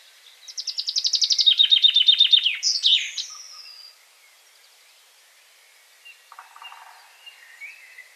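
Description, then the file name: Common chaffinch song, a rapid cascade of chipping notes falling in pitch and ending with a flourish, followed by quiet pause and softer bird notes. "Fringilla coelebs"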